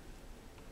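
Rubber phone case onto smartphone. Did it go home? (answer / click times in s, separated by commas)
no / none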